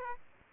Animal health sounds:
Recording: mosquito wingbeat signal from an infrared sensor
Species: Aedes aegypti

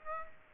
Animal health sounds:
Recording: mosquito wingbeat signal from an infrared sensor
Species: Aedes aegypti

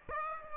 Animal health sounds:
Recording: mosquito wingbeat signal from an infrared sensor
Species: Aedes aegypti

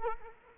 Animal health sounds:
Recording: mosquito wingbeat signal from an infrared sensor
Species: Culex quinquefasciatus

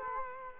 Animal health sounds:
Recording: mosquito wingbeat signal from an infrared sensor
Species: Culex quinquefasciatus

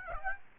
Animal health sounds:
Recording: mosquito wingbeat signal from an infrared sensor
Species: Aedes aegypti

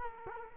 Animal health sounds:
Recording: mosquito wingbeat signal from an infrared sensor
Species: Culex quinquefasciatus

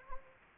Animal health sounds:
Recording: mosquito wingbeat signal from an infrared sensor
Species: Anopheles gambiae

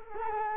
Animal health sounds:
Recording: mosquito wingbeat signal from an infrared sensor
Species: Culex quinquefasciatus

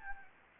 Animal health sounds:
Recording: mosquito wingbeat signal from an infrared sensor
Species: Anopheles gambiae

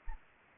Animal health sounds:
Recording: mosquito wingbeat signal from an infrared sensor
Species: Anopheles arabiensis

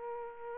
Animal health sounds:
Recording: mosquito wingbeat signal from an infrared sensor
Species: Aedes aegypti

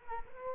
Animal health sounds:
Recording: mosquito wingbeat signal from an infrared sensor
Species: Culex quinquefasciatus

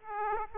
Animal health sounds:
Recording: mosquito wingbeat signal from an infrared sensor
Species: Aedes aegypti

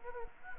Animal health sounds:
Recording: mosquito wingbeat signal from an infrared sensor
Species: Anopheles gambiae

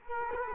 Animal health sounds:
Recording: mosquito wingbeat signal from an infrared sensor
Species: Culex quinquefasciatus

